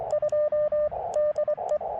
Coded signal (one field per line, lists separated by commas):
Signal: Morse code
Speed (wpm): 24 wpm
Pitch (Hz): 600 Hz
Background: radio noise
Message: 2 DE